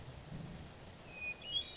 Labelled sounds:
Hermit Thrush (Catharus guttatus)
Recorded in Sonoma County, California

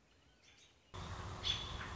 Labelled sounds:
American Robin (Turdus migratorius)
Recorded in Sonoma County, California

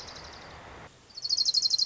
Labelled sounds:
Orange-crowned Warbler (Leiothlypis celata)
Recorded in Sonoma County, California

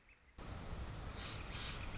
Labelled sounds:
Northern Flicker (Colaptes auratus)
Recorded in Sonoma County, California

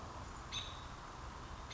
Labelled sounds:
American Robin (Turdus migratorius)
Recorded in Sonoma County, California

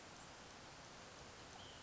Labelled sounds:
White-breasted Nuthatch (Sitta carolinensis)
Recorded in Sonoma County, California

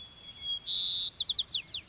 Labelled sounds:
White-crowned Sparrow (Zonotrichia leucophrys)
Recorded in Sonoma County, California

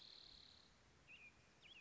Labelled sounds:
Spotted Towhee (Pipilo maculatus)
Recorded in Sonoma County, California

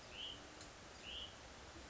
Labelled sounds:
Hutton's Vireo (Vireo huttoni)
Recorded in Sonoma County, California

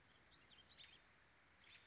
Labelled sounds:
American Robin (Turdus migratorius)
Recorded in Sonoma County, California

